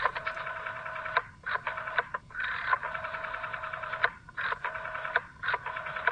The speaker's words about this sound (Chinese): 乜嘢岁月嘅见证？就系搅盘电话嘅声音。